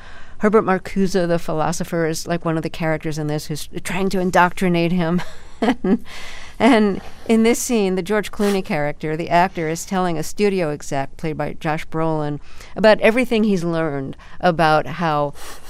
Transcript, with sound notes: Herbert Marcuse the philosopher is, like, one of the characters in this who's trying to indoctrinate him. (Laughter) And in this scene, the George Clooney character - the actor is telling a studio exec, played by Josh Brolin, about everything he's learned about how,